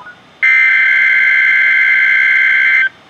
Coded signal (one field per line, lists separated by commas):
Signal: Emergency Alert System (SAME) tones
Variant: header bursts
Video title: Severe Thunderstorm Watch #431 (EAS #496)